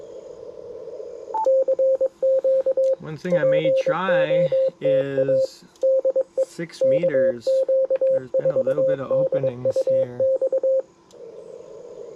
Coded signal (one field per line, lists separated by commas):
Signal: Morse code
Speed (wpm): 22 wpm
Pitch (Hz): 530 Hz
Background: speech, radio noise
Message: CQ POTA DE KQ4DUX